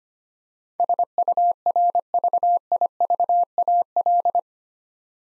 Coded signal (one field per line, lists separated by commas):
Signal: Morse code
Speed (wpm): 25 wpm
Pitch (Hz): 700 Hz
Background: none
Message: SURVIVAL